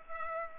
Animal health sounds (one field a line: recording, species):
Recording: mosquito wingbeat signal from an infrared sensor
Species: Culex pipiens